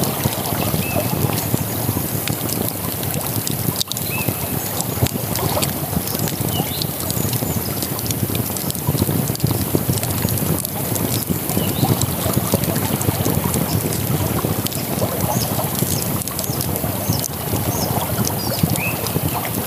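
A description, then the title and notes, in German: A campfire crackles beside a steadily rushing river, with scattered bird chirps rising above the dense, constant water noise throughout. Lagerfeuer an der Isar.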